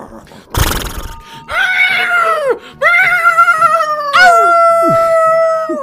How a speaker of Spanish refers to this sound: Un relincho rompe la monotonía.